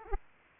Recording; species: mosquito wingbeat signal from an infrared sensor; Aedes aegypti